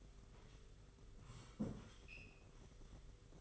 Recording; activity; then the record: daily activity, microphone in the room; sit down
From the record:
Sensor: 4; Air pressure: 991.3 hPa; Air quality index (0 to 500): 137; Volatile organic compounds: 54 ppm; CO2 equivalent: 3349 ppm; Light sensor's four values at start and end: 25/80/30/31 and 25/80/30/31